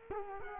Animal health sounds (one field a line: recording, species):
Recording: mosquito wingbeat signal from an infrared sensor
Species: Culex quinquefasciatus